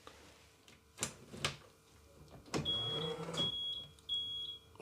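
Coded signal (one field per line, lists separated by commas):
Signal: beep code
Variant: Rolls-Royce Silver Spirit alarm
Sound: two clunks, a whirring lock motor, then three high beeps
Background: car door and lock noises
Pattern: 3 beeps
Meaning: Three beeps mean the car is locked and the alarm is on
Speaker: Three beeps locked, indicating that the alarm is on.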